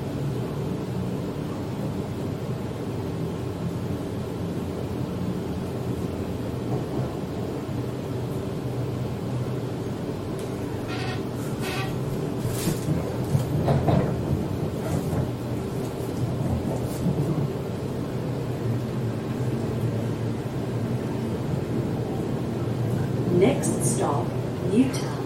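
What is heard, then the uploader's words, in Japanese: A Sydney train rolls toward the city, its low rumble steady and dense throughout. After about ten seconds the ride grows louder and rougher, with brief sharp clatters and squeals around 11, 13 and 23 seconds over the continuous drone. Go to City by Sydney Train 電車でシドニー市内に向かう。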